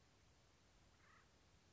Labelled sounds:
Acorn Woodpecker
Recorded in Sonoma County, California

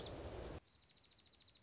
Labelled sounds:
Dark-eyed Junco
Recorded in Sonoma County, California

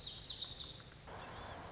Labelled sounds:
Lazuli Bunting
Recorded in Sonoma County, California

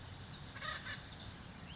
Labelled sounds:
Acorn Woodpecker
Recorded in Sonoma County, California

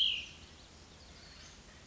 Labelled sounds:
Cassin's Vireo
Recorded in Sonoma County, California

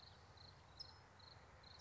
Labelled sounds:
California Towhee
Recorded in Sonoma County, California

